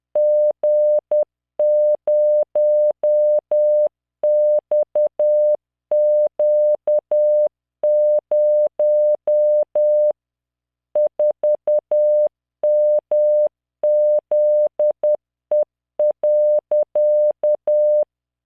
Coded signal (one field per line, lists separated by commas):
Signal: Morse code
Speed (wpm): 10 wpm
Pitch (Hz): 600 Hz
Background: none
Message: G0XQ0 4MZE.